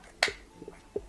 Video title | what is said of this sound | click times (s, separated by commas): How I use my custom stamps for Inktober - Painting Sailor Cosmos | and then slide, and then it will click in place. | 0.2 s